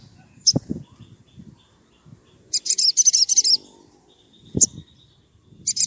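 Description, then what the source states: Oriental magpie-robin song: an one-second burst of rapid squeaky notes between isolated sharp chips and a short closing phrase, with low thumps in the background. Gacor (actively singing) bird; recording used as a lure to provoke other magpie-robins into answering.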